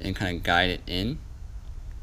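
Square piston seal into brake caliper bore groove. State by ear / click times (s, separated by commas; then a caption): not seated / none. A rubber square piston seal is guided by finger into its groove in the brake caliper bore of a Honda CRF230M. Someone talks for about the first 1.2 seconds, then only a quiet background remains, with one faint brief tick near 1.9 s. Nothing has seated or clicked yet.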